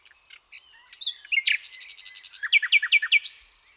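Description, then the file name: Common nightingale song: soft introductory notes, a high whistle, then a quick run of chirps ending in a string of loud, evenly repeated notes. "Luscinia megarhynchos"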